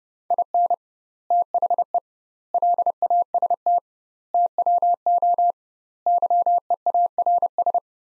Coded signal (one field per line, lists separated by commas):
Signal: Morse code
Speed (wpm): 32 wpm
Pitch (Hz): 700 Hz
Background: none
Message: IN THE LAST TWO YEARS